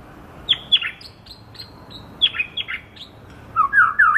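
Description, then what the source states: White-rumped shama singing a varied phrase of sharp chirps and short whistled notes, ending in loud, rich, fluty whistles that rise and fall. Medan murai variety of white-rumped shama.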